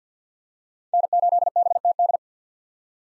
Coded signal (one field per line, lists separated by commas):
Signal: Morse code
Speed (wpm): 50 wpm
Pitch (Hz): 700 Hz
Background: none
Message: N8BTD